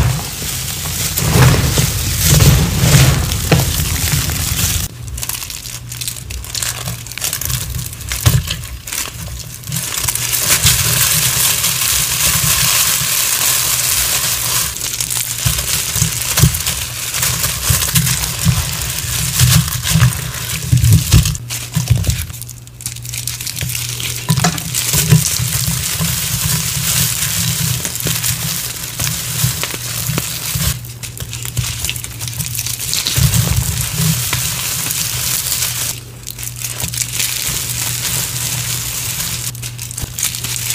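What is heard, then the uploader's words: Confetti rustles and crinkles continuously, a dense papery hiss that stays loud throughout. A low steady hum runs underneath, and brief sharper rustling bursts and short dips come every few seconds, around 5, 10, 22, 31 and 36 seconds. Confetti Overload Series!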